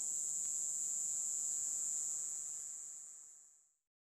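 Cicada call, a shrill continuous buzz that holds steady for about two seconds, then fades smoothly away into silence.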